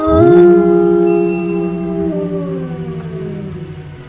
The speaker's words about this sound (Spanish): El canto triunfal de la manada de fieros lobos fue interrumpido por un aullido atronador y sobrenatural. Un alarido que no era de este mundo.